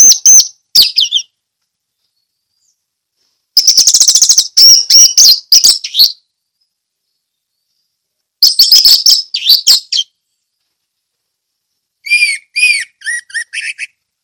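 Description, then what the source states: Orange-headed thrush song in loud bursts of rapid, sharp high notes separated by silent pauses, ending with a run of lower repeated notes. Ngeplong song style.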